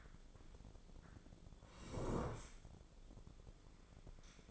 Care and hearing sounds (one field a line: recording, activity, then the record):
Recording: daily activity, microphone in the room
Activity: sit down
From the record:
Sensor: 5